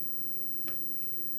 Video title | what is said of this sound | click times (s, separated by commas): Fletching a few arrows | I don't know if y'all heard that, but it clicked. | 0.7 s